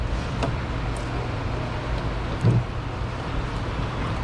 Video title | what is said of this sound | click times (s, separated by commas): Missing Dash! Broken Tools! And Customer States: It doesn’t Crank! All Unrelated | oh no audible click all | none